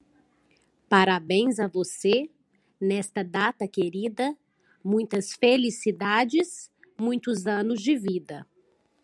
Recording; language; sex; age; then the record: short text; Brazilian Portuguese; female; 30 to 39 years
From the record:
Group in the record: control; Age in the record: 38 years